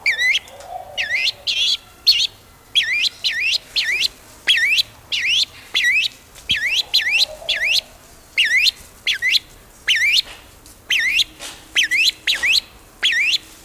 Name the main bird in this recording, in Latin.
Psophia crepitans